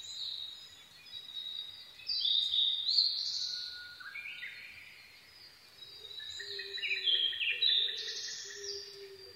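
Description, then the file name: Blue-and-white flycatcher singing varied whistled phrases that slide downward, with a low repeated note in the background. Recorded 22 May 2011 at 04:34. "ooruri-20110522-0434"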